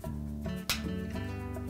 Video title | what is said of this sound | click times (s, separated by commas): Whirlpool Dishwasher Repair - How to Replace the Rack Adjuster (Whirlpool # W10712394) | tabs now are locked into place. | 0.7 s